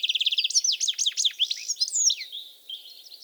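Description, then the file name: European goldfinch twittering song, opening with a rapid even buzzy trill, then liquid tinkling chirps and slurred notes that fade near the end. "Carduelis carduelis"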